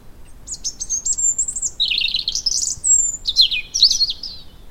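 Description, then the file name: European robin song: continuous high, silvery warbling with thin whistled notes and quick trills, shifting in pitch throughout. "Erithacus rubecula"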